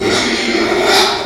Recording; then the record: squeal of a Yucatan mini pig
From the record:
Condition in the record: after surgery on the right vocal fold (resection and tissue-engineered implant); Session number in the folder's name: 2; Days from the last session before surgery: 13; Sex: male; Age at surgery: 12 weeks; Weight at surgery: 13 kg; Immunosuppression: cyclosporine, prednisolone